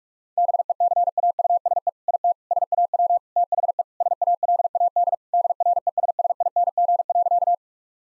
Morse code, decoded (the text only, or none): BECAUSE IT SAW THE SALAD DRESSING.